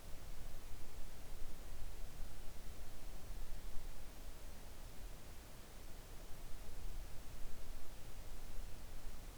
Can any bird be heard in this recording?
no